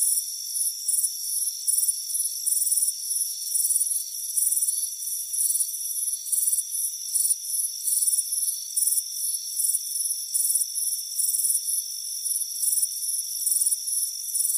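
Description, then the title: Crickets chirp in a lively, slightly uneven series of sharp high pulses, with a persistent shrill drone behind them. Chirping crickets on a warm afternoon, heard from a front porch. "Soothing Crickets Chirping Sound"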